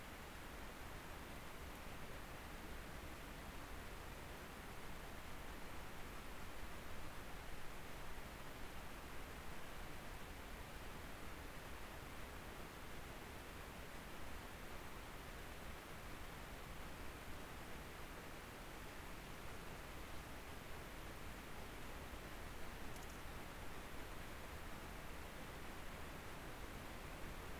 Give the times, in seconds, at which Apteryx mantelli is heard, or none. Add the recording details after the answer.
none. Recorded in New Zealand on 19 October 2013. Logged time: 01:58. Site CR37